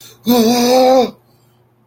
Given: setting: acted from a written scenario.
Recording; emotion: vocal sound without words; fear